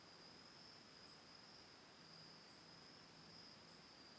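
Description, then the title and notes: Crickets keep up a constant shrill trill, with a few faint ticks and a quiet low hum underneath. Autumn night, Oct. 10th 2020, lakeside home in Ithaca, New York, by Cayuga Lake. "Autumn Night: Ithaca, New York. Recorded Oct. 10th 2020 from a lakeside home in Ithaca, New York. Sounds of crickets, birds and a single tolling windbell (Cosanti Bells)"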